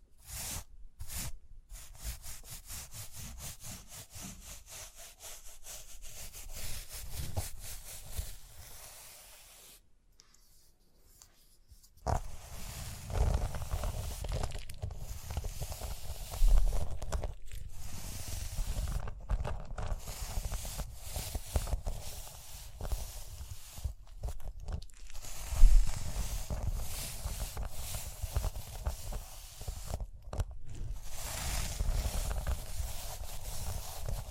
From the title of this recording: Rhinestone Tapping, Scratching, Brushing